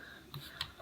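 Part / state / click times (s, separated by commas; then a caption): thumbstick extension onto controller analog stick / not seated / none. A plastic thumbstick extension is pressed over a game controller's analog stick, and two small ticks are heard at about 0.3 s and 0.6 s. The extension fails to snap on, so nothing has seated yet.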